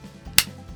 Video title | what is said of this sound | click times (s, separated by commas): The REVERSE EAGLE'S CLAW Survival Knife - Unboxing & First Impressions | clip it together, and it is locked in for the day. | 0.4 s